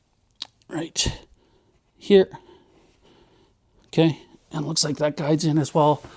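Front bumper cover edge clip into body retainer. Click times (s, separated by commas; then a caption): 0.4 s. During a radiator replacement on a leaking Nissan LEAF, the front bumper cover's plastic edge clip is pushed into its retainer on the body. A sharp click is heard at 0.4 s as the clip snaps in and seats, while someone talks.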